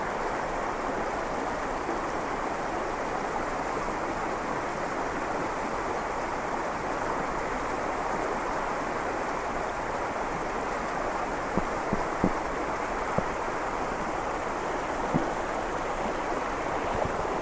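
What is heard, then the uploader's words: A river rushes in a steady, dense wash that stays even from start to finish, fullest in the middle range with a lighter hiss above. In the second half a few faint, sharp crunches of snow underfoot break through at scattered moments. This is a recording of a walk along a snowy river. You can hear the crunch of snow under your feet, the sound of the river, and the sound of the wind blowing.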